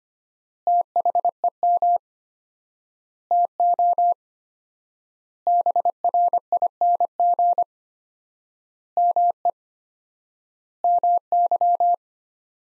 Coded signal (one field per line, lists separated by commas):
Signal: Morse code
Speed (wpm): 25 wpm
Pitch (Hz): 700 Hz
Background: none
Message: THEM TO BRING ME MY